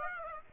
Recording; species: mosquito wingbeat signal from an infrared sensor; Aedes aegypti